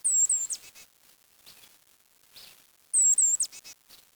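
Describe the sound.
Bird song with very high, thin whistled phrases of two or three slurred notes, given twice about three seconds apart, with softer chips between.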